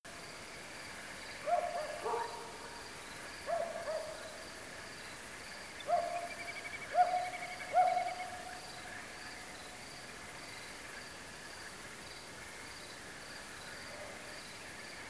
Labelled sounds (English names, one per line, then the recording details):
crickets
dog
Little Grebe
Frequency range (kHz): Little Grebe 1.8-3.9 kHz
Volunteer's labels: Autre biophonie grillon; Autre biophonie chien
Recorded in France